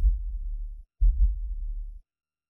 Heartbeat.